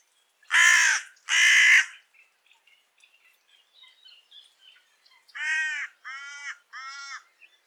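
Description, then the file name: Carrion crow giving two loud, raspy caws, then faint soft chatter, then three shorter, weaker caws. "Corvus corone"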